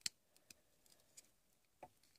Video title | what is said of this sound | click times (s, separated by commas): How to Use Every attachment for the AKASO EK7000 Action Camera + Accessories Bundle | just gonna put that on just like that and wait until it snaps | 0.1 s